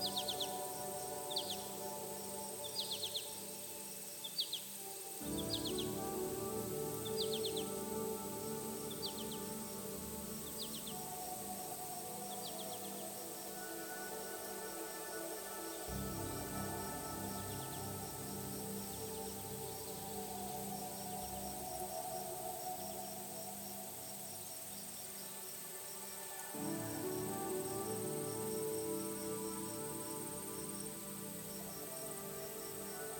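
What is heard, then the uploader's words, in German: Music blends with forest sounds: a sustained, low drone of layered tones shifts to a new chord roughly every ten seconds, near 5, 16 and 26 seconds. Over the first dozen seconds, quick bright bird chirps repeat in short bursts, while a faint steady high hiss continues throughout. Wo Musik und Wald verschmelzen.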